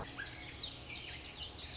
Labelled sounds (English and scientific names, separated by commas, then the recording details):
Song Sparrow (Melospiza melodia)
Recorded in Sonoma County, California